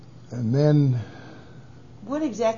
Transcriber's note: sigh